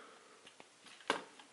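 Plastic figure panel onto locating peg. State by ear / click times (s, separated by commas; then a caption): seated / 1.1 s. A plastic panel on a Transformers Masterpiece MP-20 Wheeljack figure is swung to the side and pressed onto a small locating peg. A few faint plastic ticks come first, then a sharp, bright snap at 1.1 s as the panel clips in and seats firmly on the peg.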